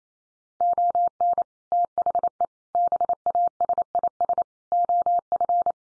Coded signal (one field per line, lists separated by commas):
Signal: Morse code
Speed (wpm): 28 wpm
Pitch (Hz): 700 Hz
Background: none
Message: ON THE BASIS OF